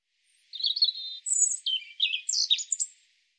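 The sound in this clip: European robin song: a thin wavering whistle, a very high drawn-out note, then quick tumbling liquid warbles and high squeaky flourishes, with a silent background.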